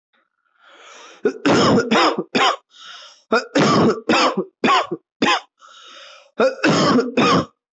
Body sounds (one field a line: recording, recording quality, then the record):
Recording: heavy voluntary cough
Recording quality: excellent, no background noise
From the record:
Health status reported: respiratory illness, not identified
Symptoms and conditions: asthma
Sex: male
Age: 24 years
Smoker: not ticked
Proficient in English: yes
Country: India